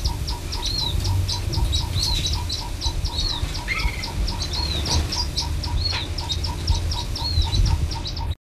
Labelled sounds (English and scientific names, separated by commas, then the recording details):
King Quail (Excalfactoria chinensis) call
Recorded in captivity
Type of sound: call
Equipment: Halbspur, 9,5 cm/s
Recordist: Lütgens, Hans
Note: Aufnahme bei Tierpfleger "Rint"(?), Männchen bietet Weibchen Leckerbissen an